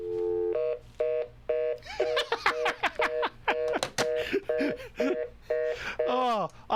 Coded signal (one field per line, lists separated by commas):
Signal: telephone call progress tone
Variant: North America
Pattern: reorder tone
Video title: Connecting a Phone to A Modern Computer